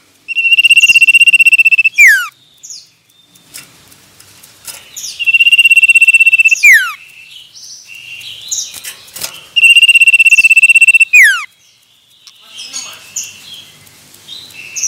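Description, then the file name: Common iora song: repeated long trilled whistles on one steady pitch, each finishing with a downward-swooping note, separated by quieter varied chirps. Male. "suara burung cipoh jantan"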